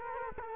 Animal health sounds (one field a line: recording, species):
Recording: mosquito wingbeat signal from an infrared sensor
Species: Culex quinquefasciatus